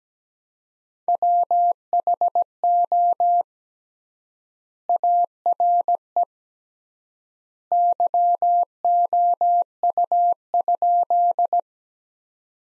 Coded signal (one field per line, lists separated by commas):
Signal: Morse code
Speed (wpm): 17 wpm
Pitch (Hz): 700 Hz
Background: none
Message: WHO ARE YOU?